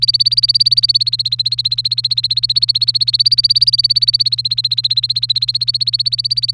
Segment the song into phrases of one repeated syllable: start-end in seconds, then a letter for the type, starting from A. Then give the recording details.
0.00-6.54 A. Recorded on 30 April 2018 at 14:39. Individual llb3